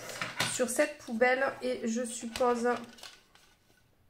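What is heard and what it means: A clip-on plastic part is handled against a small plastic desk waste bin meant for paper offcuts while someone talks. After the talking stops, a few faint, short handling sounds are heard as the part is fitted. Nothing has seated or clicked yet.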